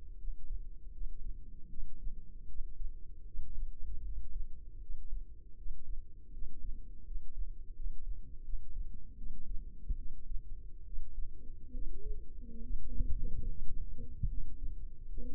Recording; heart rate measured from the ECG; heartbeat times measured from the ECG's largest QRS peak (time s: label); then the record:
heart sounds by microphone in the left ear; 77 bpm
0.17 s: heartbeat
0.90 s: heartbeat
1.67 s: heartbeat
2.45 s: heartbeat
3.24 s: heartbeat
4.02 s: heartbeat
4.79 s: heartbeat
5.55 s: heartbeat
6.31 s: heartbeat
7.04 s: heartbeat
7.73 s: heartbeat
8.42 s: heartbeat
9.15 s: heartbeat
9.95 s: heartbeat
10.83 s: heartbeat
11.71 s: heartbeat
12.59 s: heartbeat
13.45 s: heartbeat
14.27 s: heartbeat
15.06 s: heartbeat
From the record:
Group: healthy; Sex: female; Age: 32 years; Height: 168 cm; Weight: 61.9 kg